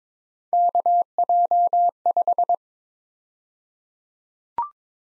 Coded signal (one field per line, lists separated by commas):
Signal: Morse code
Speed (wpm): 22 wpm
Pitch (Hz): 700 Hz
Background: none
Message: KJ5